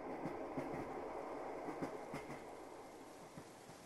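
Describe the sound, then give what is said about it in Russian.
A train heading east rolls steadily along the track, its wheels clacking over rail joints in repeating sharp double beats above a dense, constant rumble. No voices are heard. “Я уткнулась носом ему в грудь, и так мы стояли еще долгие минуты, а наши сердца бились в такт колесам поезда, равнодушно уносящего нас на восток, навстречу рассвету.”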